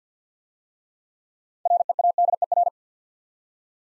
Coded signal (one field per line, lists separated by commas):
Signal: Morse code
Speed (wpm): 49 wpm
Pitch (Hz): 700 Hz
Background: none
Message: READER